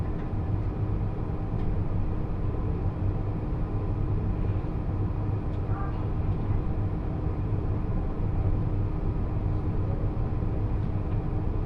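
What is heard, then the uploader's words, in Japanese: Steady low rumble inside a limited express train on a rural line, with a constant hum, faint clicks and a brief squeal near six seconds. 高徳線 徳島→三本松 特急うずしお24号。2両編成で後ろの28席が指定席、1両半ほどが自由席になります。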